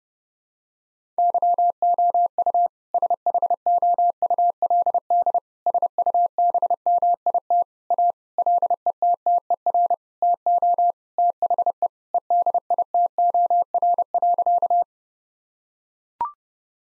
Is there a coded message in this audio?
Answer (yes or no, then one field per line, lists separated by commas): yes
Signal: Morse code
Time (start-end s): 1.2-14.8 s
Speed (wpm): 30 wpm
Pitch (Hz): 700 Hz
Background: none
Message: YOU SHOULD SUBMIT A LETTER TO THE EDITOR.